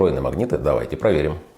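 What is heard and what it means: A man talks while bringing a magnetic charging connector toward the contacts of a Wuben X3 Pro flashlight to check for built-in magnets. Only speech is heard, and the connector has not yet snapped on or seated.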